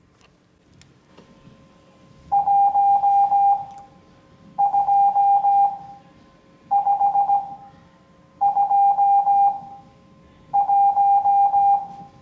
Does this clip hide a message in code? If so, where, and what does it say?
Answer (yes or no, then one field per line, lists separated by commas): yes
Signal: Morse code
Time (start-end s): 2.3-11.8 s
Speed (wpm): 17 wpm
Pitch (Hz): 800 Hz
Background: none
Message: 12521